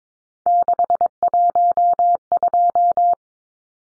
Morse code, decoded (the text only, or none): 612